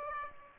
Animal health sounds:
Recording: mosquito wingbeat signal from an infrared sensor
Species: Aedes aegypti

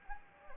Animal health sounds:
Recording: mosquito wingbeat signal from an infrared sensor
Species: Anopheles gambiae

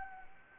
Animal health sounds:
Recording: mosquito wingbeat signal from an infrared sensor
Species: Anopheles gambiae

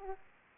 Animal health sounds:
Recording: mosquito wingbeat signal from an infrared sensor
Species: Aedes aegypti

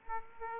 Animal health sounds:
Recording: mosquito wingbeat signal from an infrared sensor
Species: Aedes aegypti

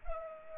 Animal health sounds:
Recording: mosquito wingbeat signal from an infrared sensor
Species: Culex pipiens

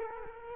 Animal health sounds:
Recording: mosquito wingbeat signal from an infrared sensor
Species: Culex quinquefasciatus

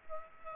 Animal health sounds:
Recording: mosquito wingbeat signal from an infrared sensor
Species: Aedes aegypti

